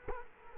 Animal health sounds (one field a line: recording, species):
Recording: mosquito wingbeat signal from an infrared sensor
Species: Culex quinquefasciatus